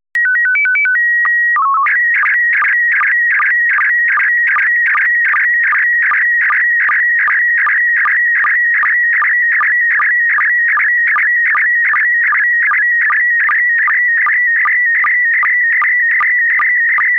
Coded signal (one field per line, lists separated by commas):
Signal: SSTV (slow-scan television)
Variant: PD 50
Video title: Slow Scan Radio, Ep. 12, October 24, 2018